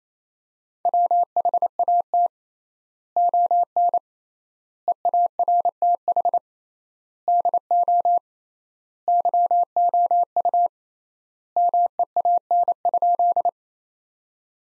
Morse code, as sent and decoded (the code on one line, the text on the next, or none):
.-- .... .- - / --- -. / . .- .-. - .... / -.. --- / -.-- --- ..- / -- . .- -. ..--..
WHAT ON EARTH DO YOU MEAN?